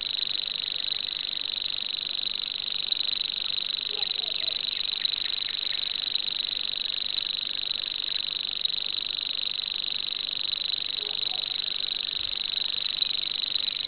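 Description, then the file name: Common grasshopper warbler reeling without a break, a high buzzy trill like a fishing reel. "grasshopper warbler omkicau"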